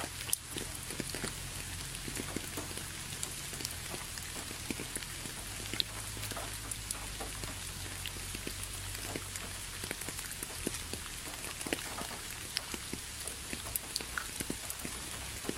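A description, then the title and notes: Rain falls steadily under a forest canopy, a dense, even hiss with countless drops pattering and ticking on leaves throughout. A soft low rumble sits underneath, and the level stays constant for the whole stretch, with no other sounds standing out. The sound of rain under the maple forest.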